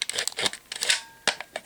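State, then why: Not seated. A plastic upper torso piece is pushed onto the lower body of a Toybiz Legendary Comicbook Heroes Pitt action figure, making small, crinkly plastic contact ticks and scrapes, with sharper taps at about 0.0, 0.3, 0.9 and 1.3 seconds. The torso has not locked or clicked into place yet.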